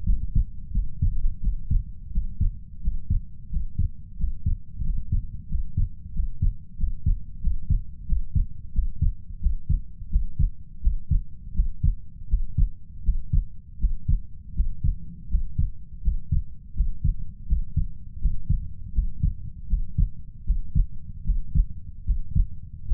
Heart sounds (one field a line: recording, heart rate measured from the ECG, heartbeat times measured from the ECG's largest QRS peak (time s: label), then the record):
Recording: heart sounds by stethoscope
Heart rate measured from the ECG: 84 bpm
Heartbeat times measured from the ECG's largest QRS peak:
0.04 s: heartbeat
0.71 s: heartbeat
1.41 s: heartbeat
2.11 s: heartbeat
2.81 s: heartbeat
3.49 s: heartbeat
4.17 s: heartbeat
4.83 s: heartbeat
5.48 s: heartbeat
6.12 s: heartbeat
6.76 s: heartbeat
7.40 s: heartbeat
8.06 s: heartbeat
8.72 s: heartbeat
9.40 s: heartbeat
10.09 s: heartbeat
10.81 s: heartbeat
11.53 s: heartbeat
12.27 s: heartbeat
13.03 s: heartbeat
13.78 s: heartbeat
14.54 s: heartbeat
15.28 s: heartbeat
16.01 s: heartbeat
16.74 s: heartbeat
17.46 s: heartbeat
18.19 s: heartbeat
18.92 s: heartbeat
19.67 s: heartbeat
20.44 s: heartbeat
21.24 s: heartbeat
22.04 s: heartbeat
22.85 s: heartbeat
From the record:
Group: healthy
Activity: Valsalva maneuver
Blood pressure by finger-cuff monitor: 104/66 mmHg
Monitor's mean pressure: 77 mmHg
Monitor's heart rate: 83 bpm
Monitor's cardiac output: 6.6 L/min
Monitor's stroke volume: 82 mL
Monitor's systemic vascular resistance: 810 dyn s/cm5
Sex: female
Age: 19 years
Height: 163 cm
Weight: 48.9 kg